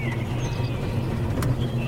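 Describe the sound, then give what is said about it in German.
A car engine idles with a steady, low, even rumble that holds constant throughout, the car halted in a pine-forest clearing at about 8 o'clock, while faint high chirps flicker briefly above it. “Soll ich den Motor abstellen?”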